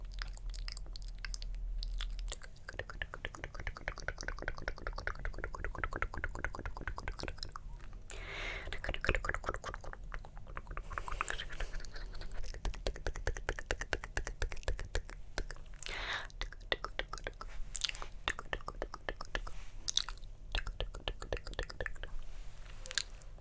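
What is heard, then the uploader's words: Mouth sounds and hand movements make up the track: a steady, dense run of small wet clicks and pops, like chewing or lip smacks, repeating rapidly throughout. Brief brighter swishes of hand motion rise above them now and then. A low hum fills the first two seconds. ASMR Tingly Hand Movements & Mouth Sounds (Plucking, Pinching, Pulling).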